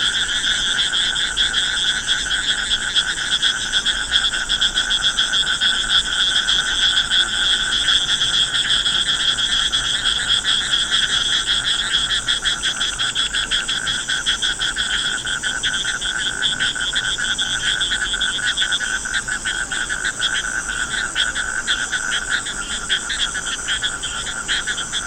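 A dense chorus of frogs calls by a river, with rapid, rattling pulses layered over one another without pause. The sound stays steady for the whole stretch, bright and buzzing in several high bands, with no other sounds breaking through.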